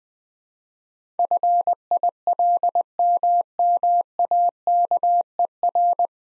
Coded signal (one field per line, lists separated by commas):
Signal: Morse code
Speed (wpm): 20 wpm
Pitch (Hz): 700 Hz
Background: none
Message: FILMMAKER